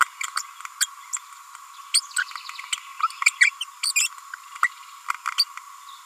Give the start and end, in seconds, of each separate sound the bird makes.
0.21-0.23, 0.80-0.86, 1.13-1.16, 1.94-2.00, 2.16-2.18, 3.40-3.50, 3.61-3.64, 3.83-3.92, 3.96-4.07, 4.62-4.68, 5.39-5.44